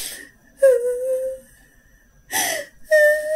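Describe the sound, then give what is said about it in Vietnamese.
A woman sobs in broken, high-pitched wails, with several drawn-out whimpering cries separated by shaky breaths and brief pauses, heard in a company office room where two men are working late. “Thì tự nhiên bạn đang làm mà có hai người đàn ông trong phòng mà lại nghe một cái tiếng khóc của một người phụ nữ,”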